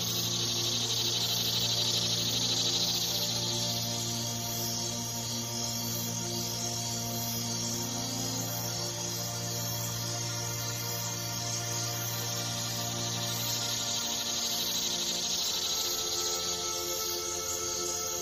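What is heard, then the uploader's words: Nature sounds from the Florida Everglades: a dense, steady chorus of insects fills the recording with a bright, unbroken buzzing and shimmer. A low, even hum runs underneath for most of the clip and drops away around fourteen seconds, while the chorus continues unchanged. Sounds of The Everglades. Nature sounds from the Florida Everglades.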